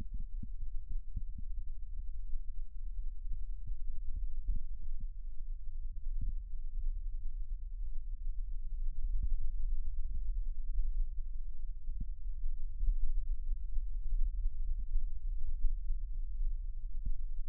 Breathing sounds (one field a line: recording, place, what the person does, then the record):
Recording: lung sounds by stethoscope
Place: right posterior basal chest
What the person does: quiet breathing, then deep breathing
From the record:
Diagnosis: COPD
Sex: male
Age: 70 years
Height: 174 cm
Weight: 94 kg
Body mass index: 31.0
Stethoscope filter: bell mode